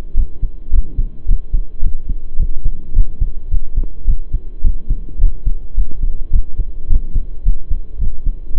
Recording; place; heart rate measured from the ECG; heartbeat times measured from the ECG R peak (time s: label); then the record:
heart sounds by stethoscope; between the tricuspid and mitral areas; 107 bpm
0.15 s: heartbeat
0.71 s: heartbeat
1.27 s: heartbeat
1.82 s: heartbeat
2.38 s: heartbeat
2.94 s: heartbeat
3.50 s: heartbeat
4.06 s: heartbeat
4.63 s: heartbeat
5.20 s: heartbeat
5.76 s: heartbeat
6.32 s: heartbeat
6.89 s: heartbeat
7.44 s: heartbeat
8.00 s: heartbeat
8.55 s: heartbeat
From the record:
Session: pedaling a stationary bicycle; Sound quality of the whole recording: saturated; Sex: male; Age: 23 years